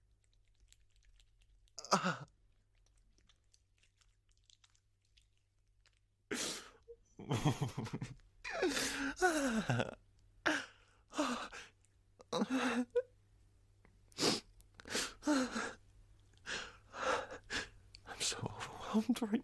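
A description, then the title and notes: A man moans and whimpers in short, strained bursts. After a single cry near two seconds and a quiet pause, the sounds come thick and irregular from about six seconds on, breathy and uneven, over a faint low hum. Male moaning & whimpering asmr.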